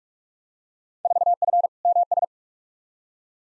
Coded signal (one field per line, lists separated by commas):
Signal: Morse code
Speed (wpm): 46 wpm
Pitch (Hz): 700 Hz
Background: none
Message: 4F MS